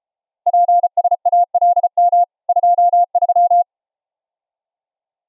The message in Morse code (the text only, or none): PSALM 23